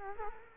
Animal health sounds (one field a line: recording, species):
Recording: mosquito wingbeat signal from an infrared sensor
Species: Culex quinquefasciatus